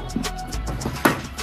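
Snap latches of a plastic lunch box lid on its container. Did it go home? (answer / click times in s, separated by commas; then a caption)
yes / 0.5 s, 0.8 s, 1.1 s. Snap latches on the lid of a plastic leak-proof bento lunch box are pressed shut one after another on its container, giving clicks at 0.5, 0.8 and 1.1 seconds, the last the loudest, over background music. All the sides click shut and the lid is confirmed closed.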